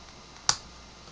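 A small flathead screwdriver pushes the two tabs on the larger side of the plastic Spektrum antenna module in an Airtronics M11 or M8 RC transmitter case until the module pops down and out. A single sharp, bright click sounds at 0.5 s and fades quickly against a low, steady background. The module is released from the case.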